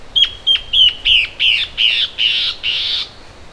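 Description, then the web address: Bird call series of about nine notes, three per second, starting as clean sharp chips and becoming broader, raspier bursts toward the end. "BIRD SABIOD bird"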